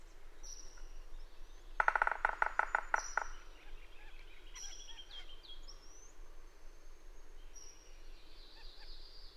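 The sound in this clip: Bird song: a rapid, harsh chattering rattle lasting about a second and a half, followed by scattered high thin whistles and short notes against a low hum.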